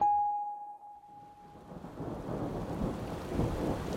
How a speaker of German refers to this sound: Es regnet. Ich bin nass bis auf die Knochen.